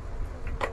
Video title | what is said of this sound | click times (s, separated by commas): Baby edition Episode 3:Newborn baby accessories-Baby manicure set-Baby perfume-Fancy pacifier | ये lock हो गया आप इी लेके जाए कहीं खराब मैला कुछ भी नहीं होगा | 0.6 s